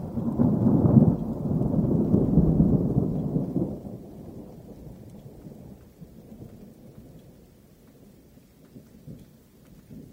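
A low roll of distant thunder swells at the start and rumbles heavily for about four seconds before fading into a quieter, uneven grumble. Soft rain patters steadily underneath, with faint scattered drops continuing as the thunder dies away toward the end.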